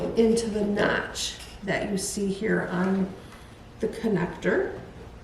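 A speaker wire's plastic connector, with a small tab sticking out on one side, is being lined up with the notch on a circuit board connector while someone talks and clears their throat. Nothing has seated or clicked yet; the clip ends just before the plug is pushed down to snap into place.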